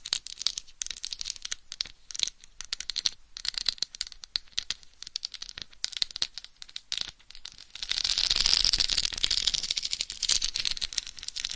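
Scratching on a head microphone, heard as dry, crackly bursts that come irregularly for the first eight seconds with short gaps between them. Around eight seconds the sound turns into a louder, dense, hissing rub that runs continuously for about three seconds before easing off.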